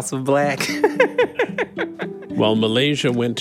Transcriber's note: laughter